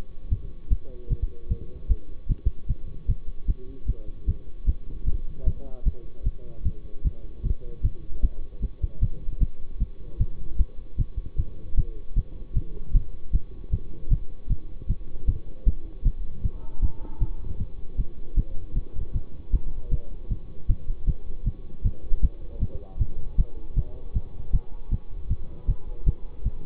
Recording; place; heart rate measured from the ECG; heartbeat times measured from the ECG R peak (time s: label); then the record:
heart sounds by stethoscope; between the tricuspid and mitral areas; 154 bpm
0.29 s: heartbeat
0.69 s: heartbeat
1.08 s: heartbeat
1.48 s: heartbeat
1.88 s: heartbeat
2.27 s: heartbeat
2.67 s: heartbeat
3.07 s: heartbeat
3.46 s: heartbeat
3.86 s: heartbeat
4.26 s: heartbeat
4.65 s: heartbeat
5.05 s: heartbeat
5.45 s: heartbeat
5.84 s: heartbeat
6.24 s: heartbeat
6.63 s: heartbeat
7.02 s: heartbeat
7.42 s: heartbeat
7.82 s: heartbeat
8.21 s: heartbeat
8.60 s: heartbeat
9.00 s: heartbeat
9.39 s: heartbeat
9.78 s: heartbeat
10.18 s: heartbeat
10.57 s: heartbeat
10.97 s: heartbeat
11.36 s: heartbeat
11.75 s: heartbeat
12.14 s: heartbeat
12.54 s: heartbeat
12.92 s: heartbeat
13.31 s: heartbeat
13.71 s: heartbeat
14.09 s: heartbeat
14.48 s: heartbeat
14.87 s: heartbeat
15.26 s: heartbeat
15.64 s: heartbeat
16.03 s: heartbeat
16.42 s: heartbeat
16.80 s: heartbeat
17.19 s: heartbeat
17.58 s: heartbeat
17.96 s: heartbeat
18.35 s: heartbeat
18.74 s: heartbeat
19.13 s: heartbeat
19.51 s: heartbeat
19.90 s: heartbeat
20.29 s: heartbeat
20.67 s: heartbeat
21.05 s: heartbeat
21.44 s: heartbeat
21.83 s: heartbeat
22.21 s: heartbeat
22.60 s: heartbeat
22.98 s: heartbeat
23.36 s: heartbeat
23.75 s: heartbeat
24.13 s: heartbeat
24.51 s: heartbeat
24.89 s: heartbeat
25.28 s: heartbeat
25.66 s: heartbeat
26.04 s: heartbeat
26.43 s: heartbeat
From the record:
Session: bicycle stress test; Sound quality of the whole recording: good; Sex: male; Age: 24 years